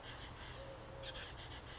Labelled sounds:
Eurasian Collared Dove (Streptopelia decaocto)
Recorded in Sonoma County, California

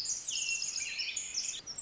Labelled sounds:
Pacific Wren (Troglodytes pacificus)
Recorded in Sonoma County, California

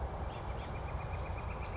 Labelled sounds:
Northern Flicker (Colaptes auratus)
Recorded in Sonoma County, California

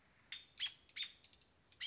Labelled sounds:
American Robin (Turdus migratorius)
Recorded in Sonoma County, California

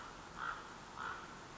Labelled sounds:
Common Raven (Corvus corax)
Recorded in Sonoma County, California

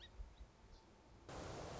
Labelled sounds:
Song Sparrow (Melospiza melodia)
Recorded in Sonoma County, California

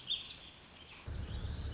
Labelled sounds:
Warbling Vireo (Vireo gilvus)
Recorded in Sonoma County, California

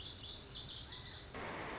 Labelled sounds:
Lazuli Bunting (Passerina amoena)
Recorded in Sonoma County, California

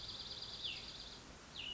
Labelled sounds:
Cassin's Vireo (Vireo cassinii)
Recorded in Sonoma County, California

